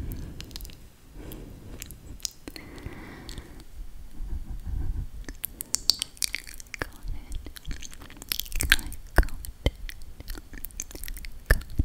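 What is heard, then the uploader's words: Mouth sounds, wet clicks, smacks and soft crunchy chewing-like noises, arrive in quick irregular bursts throughout. Crisp snapping transients cluster more densely after the midpoint, with a brief soft hiss near the third second. ASMR REPEATING I GOT IT (MOUTH SOUNDS WITH PLUCKING HAND MOVEMENTS).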